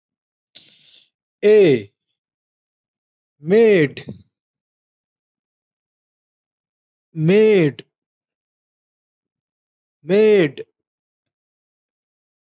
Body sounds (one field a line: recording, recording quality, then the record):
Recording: sustained vowel as in made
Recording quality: poor, much background noise or distortion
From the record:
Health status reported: healthy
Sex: male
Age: 35 years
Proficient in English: yes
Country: India